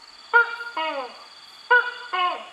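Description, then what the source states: Tokay gecko call: two loud two-part croaks, each a sharp first syllable followed by a lower, falling one, with a pause between. Heard in the jungle on Sumatra; a blue gecko with orange spots; its call says its own name, 'tokke', an onomatopoeia.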